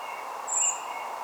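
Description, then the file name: Common blackbird giving a single thin, very high drawn-out note, with a steady low hiss and a faint lower whistle beneath. "Turdus merula"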